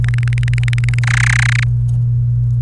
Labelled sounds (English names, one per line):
Domestic Canary song